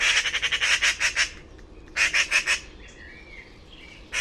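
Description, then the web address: Bird calling with a quick rattling series of harsh notes, a short pause, another burst, then soft chirps. "Bird Only More Classes Pi Pi Pi Pi"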